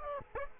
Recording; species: mosquito wingbeat signal from an infrared sensor; Aedes aegypti